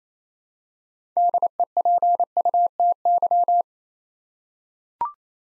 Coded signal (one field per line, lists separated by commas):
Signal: Morse code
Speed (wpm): 28 wpm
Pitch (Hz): 700 Hz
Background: none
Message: DEPUTY